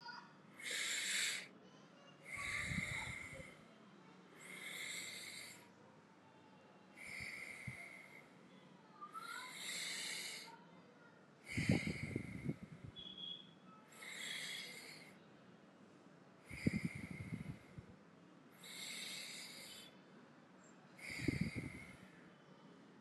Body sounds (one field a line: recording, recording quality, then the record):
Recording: deep breathing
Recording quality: excellent, no background noise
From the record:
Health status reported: COVID-19 positive, moderate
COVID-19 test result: positive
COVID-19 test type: RT-PCR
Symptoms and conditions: cough, sore throat, fever, fatigue, muscle pain, another condition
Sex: male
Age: 48 years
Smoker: no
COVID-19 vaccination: both doses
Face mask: worn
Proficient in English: yes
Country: India